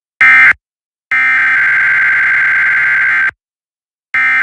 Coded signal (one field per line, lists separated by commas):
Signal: Emergency Alert System (SAME) tones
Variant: header bursts